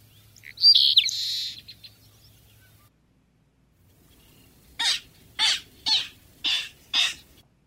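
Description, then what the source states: Clapper Rail calling, a run of five harsh, clattering notes about half a second apart, after a brief higher buzzy bird sound at the start. Replayed recording; lively, loud, raucous birds, especially in early spring when fighting over territories and mates.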